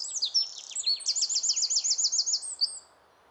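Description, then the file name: Eurasian wren: the close of a song, high twittering notes giving way to a loud, rattling trill of many repeated notes, then quiet background hiss. "Troglodytes troglodytes"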